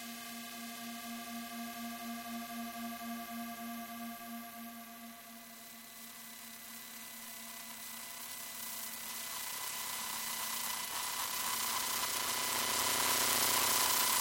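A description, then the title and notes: Electromagnetic radiation turned into sound: a steady electrical hum with several stacked whining tones and a fast, even pulsing in the low drone for the first five seconds. The pulsing then fades while a bright hiss swells, growing loud and dense by the end. ESTEC - EMF Recording Of Mars Rover. Here are sounds recorded of prototypes of ESA's upcoming ExoMars rover, made in the Planetary Robotics Lab. It also includes some electro-magnetic radiation, converted to audible sound. Audible spectrum recordings are made with Uši; EMF recordings with Elektrosluch.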